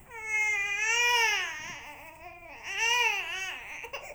Baby Cry.